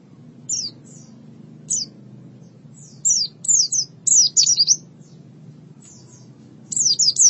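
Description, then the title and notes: White-eye song in scattered short phrases of thin, high, downslurred notes, from single chirps to denser clusters of rapid twitters. "Kicauan Burung Pleci Durasi Panjang. Suara kicauan burung pleci"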